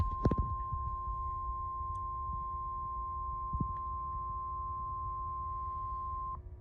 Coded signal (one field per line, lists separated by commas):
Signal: Emergency Alert System (SAME) tones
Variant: 1050 Hz attention tone